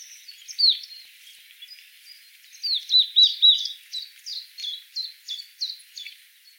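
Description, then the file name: Marsh tit calling, a short sharp note, then a long run of quick downslurred chips. "Poecile palustris"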